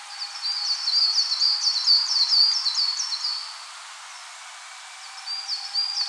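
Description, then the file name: Coal tit song of bright, repeated high double notes lasting over three seconds, a quiet gap, then the song restarting near the end. "Parus ater"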